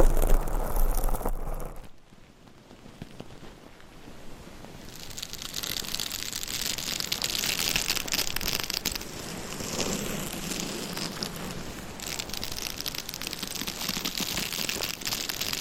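Long nails scratch close to a binaural microphone in dense, crackly bursts, starting loud, dipping around two seconds, then steady bright scraping continues.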